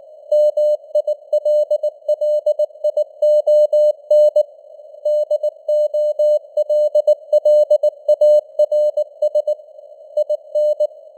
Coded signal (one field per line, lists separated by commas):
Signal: Morse code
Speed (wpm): 19 wpm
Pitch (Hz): 600 Hz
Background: none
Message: MILLION DOLLARS IN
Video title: Morse Code News | 2026-01-10 | 19wpm